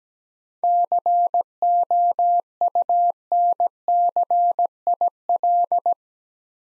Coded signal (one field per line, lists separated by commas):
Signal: Morse code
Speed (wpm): 17 wpm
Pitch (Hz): 700 Hz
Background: none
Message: COUNCIL